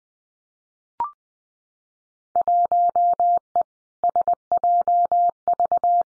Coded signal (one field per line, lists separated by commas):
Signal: Morse code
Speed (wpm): 20 wpm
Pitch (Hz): 700 Hz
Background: none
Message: 1E SJV